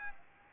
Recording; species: mosquito wingbeat signal from an infrared sensor; Aedes aegypti